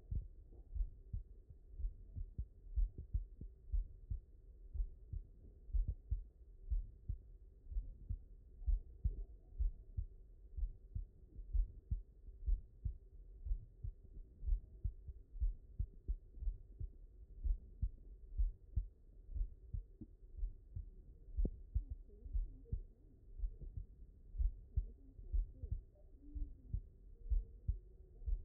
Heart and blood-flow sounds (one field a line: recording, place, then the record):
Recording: heart sounds by stethoscope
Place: mitral valve (MV)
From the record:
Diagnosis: non-HFrEF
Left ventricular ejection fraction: 62%